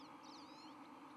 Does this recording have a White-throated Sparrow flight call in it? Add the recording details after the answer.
no. No flight call is heard. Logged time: 11:20 on 31 October 2014